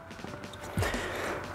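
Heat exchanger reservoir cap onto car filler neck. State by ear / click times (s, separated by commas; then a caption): not seated / none. An aftermarket heat exchanger reservoir cap is slid onto the filler neck of a 2020 Toyota Supra and pushed down by hand. Quiet handling noise gives way to a louder, sustained scuffing burst from about 0.8 s. Nothing has seated or clicked yet.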